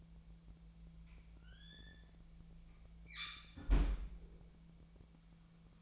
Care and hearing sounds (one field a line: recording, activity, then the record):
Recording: daily activity, microphone in the room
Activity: close fridge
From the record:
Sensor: 1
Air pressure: 1009.7 hPa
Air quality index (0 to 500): 192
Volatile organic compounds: 18 ppm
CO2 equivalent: 2637 ppm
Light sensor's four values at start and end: 31/78/33/39 and 31/78/33/39